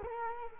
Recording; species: mosquito wingbeat signal from an infrared sensor; Culex quinquefasciatus